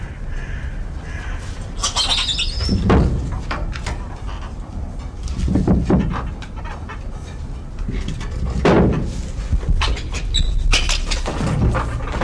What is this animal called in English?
Black-handed Spider Monkey